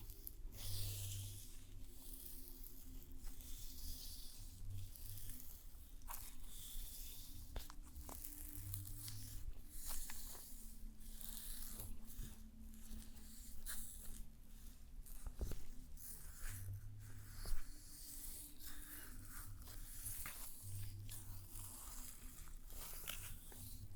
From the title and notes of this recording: ASMR The BEST Stone SPA Treatment Spa Therapist Pampering You (Layered sounds & No Talking).